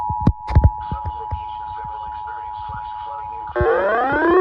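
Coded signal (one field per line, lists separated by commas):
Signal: Emergency Alert System (SAME) tones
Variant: 853 and 960 Hz attention tone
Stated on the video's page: Real EAS alerts recorded during a weekend of severe weather.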